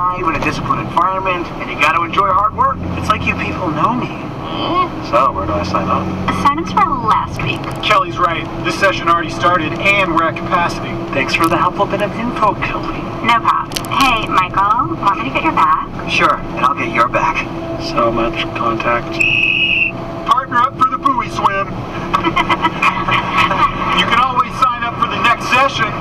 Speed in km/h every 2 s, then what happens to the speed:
63, 65, 68, 67, 70, 71, 71, 70, 69, 69, 70, 71, 72.
0-10 speeds up to 71. 10-26 steady at about 70.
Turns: none.